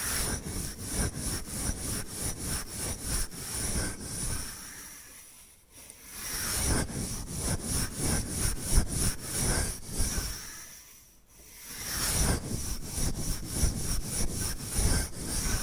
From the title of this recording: Bamboo Tapping, Scratching and Brushing Sounds